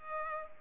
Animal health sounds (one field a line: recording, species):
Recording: mosquito wingbeat signal from an infrared sensor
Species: Culex pipiens